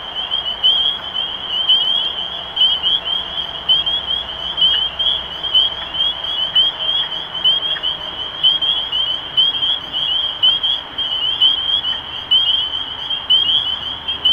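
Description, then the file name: Spring peeper chorus of countless overlapping high, rising peeps forming a steady shrill wall of sound throughout. Recorded 23 March 2012. "Peepers-2012-0323"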